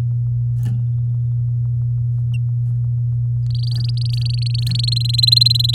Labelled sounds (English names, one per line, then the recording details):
Domestic Canary song
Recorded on 6 May 2018 at 17:43
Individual llb16